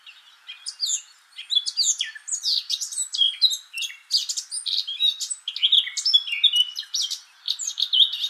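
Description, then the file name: Eurasian blackcap song, a hurried warble of sharp clicks, chatters and short whistles in bursts with brief gaps. "Sylvia atricapilla"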